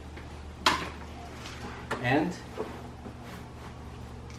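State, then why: Seated. The canopy cover's side clamps are pressed onto the frame of a 2020 Veer Cruiser wagon, giving clicks at 0.2 s and 0.7 s, the second one sharp and loud. The clicks mean the clamps are locked and engaged on both sides, so the cover will hold when folded back. Someone talks briefly.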